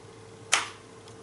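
An old 2.5-inch laptop hard drive is pushed into the SATA connector of a plastic Quickstore Portable Pro USB drive dock. A single sharp click at 0.5 s marks the drive seating in the connector, followed by a much fainter tick at 1.1 s over a low steady hum.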